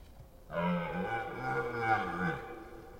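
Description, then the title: Red deer roar, a rough, groaning bellow of around two seconds whose low tone wavers and drops slightly. Rutting red deer in the Forêt d'Orléans, France. "Red Deer Rut - Forêt d'Orleans, France"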